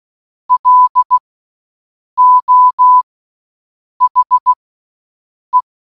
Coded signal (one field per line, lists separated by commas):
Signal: Morse code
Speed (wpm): 16 wpm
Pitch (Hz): 1000 Hz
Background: none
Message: LO HE